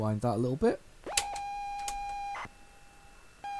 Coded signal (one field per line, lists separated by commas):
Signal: ZX Spectrum tape loading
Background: speech